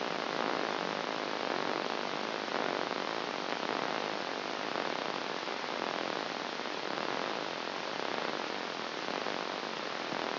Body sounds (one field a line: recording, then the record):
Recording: brain microelectrode recording played as sound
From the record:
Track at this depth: inside the subthalamic nucleus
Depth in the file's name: 2.135 mm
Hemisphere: left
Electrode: 2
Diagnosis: Parkinson's disease